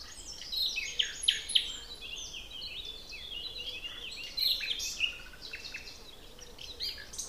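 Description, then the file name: Common nightingale song: quick, varied phrases of sharp high notes in a few louder bursts, over light hiss. "Luscinia megarhynchos"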